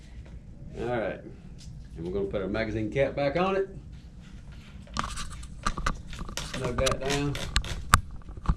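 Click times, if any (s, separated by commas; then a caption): 7.9 s, 8.2 s, 8.5 s. A magazine tube cap is screwed back onto a TriStar Cobra III Force shotgun's magazine tube and snugged down while someone talks. Its detent clicks as it turns, with clicks at 7.9, 8.2 and 8.5 seconds, until the cap is seated tight.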